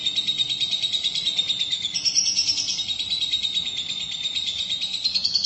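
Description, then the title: Lovebird song: a long, dense, buzzy trill of rapid notes, steady and high-pitched, rising slightly near the end, running without pause. "BM Suara Burung Lovebird"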